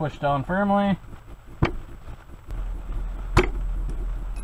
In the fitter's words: okay it doesn't lock in which means the receiver isn't quite far enough down into the stock